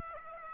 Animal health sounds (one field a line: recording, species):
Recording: mosquito wingbeat signal from an infrared sensor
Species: Aedes aegypti